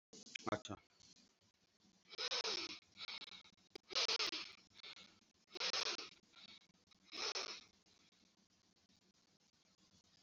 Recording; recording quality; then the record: deep breathing; moderate, slight background noise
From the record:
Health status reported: COVID-19 positive, mild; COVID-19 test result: positive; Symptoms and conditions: hypertension, diabetes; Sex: male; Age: 54 years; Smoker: not ticked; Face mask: not worn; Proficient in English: yes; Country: India